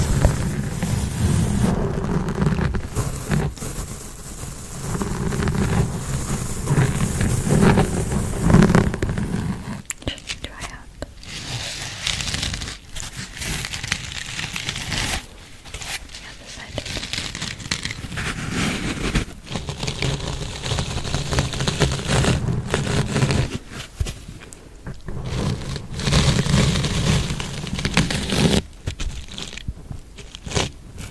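Rough mic scratching fills the whole stretch, a dense, uneven rubbing and crinkling with a heavy low rumble. It swells hardest in the first ten seconds and again around 25 seconds, with brief near-silent breaks around 10, 16 and 24 seconds.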